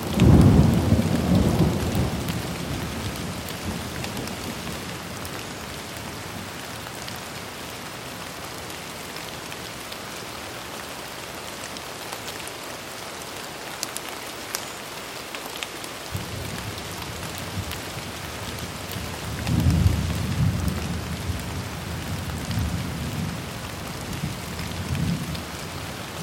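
Steady rain patters on a car window while low thunder rumbles at the start and again around twenty seconds, fading between.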